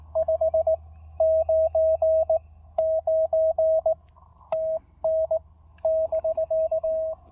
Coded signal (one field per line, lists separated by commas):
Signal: Morse code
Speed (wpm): 18 wpm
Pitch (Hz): 640 Hz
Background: radio noise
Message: 5 9 9 TN <BK>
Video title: QRP POTA: Pairing the TEC-TEC R4020 with my cannibalized 40M EFHW at Lake Norman SP!